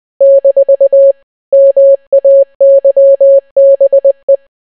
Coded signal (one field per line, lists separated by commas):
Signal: Morse code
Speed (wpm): 20 wpm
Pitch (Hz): 550 Hz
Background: none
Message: - MAYBE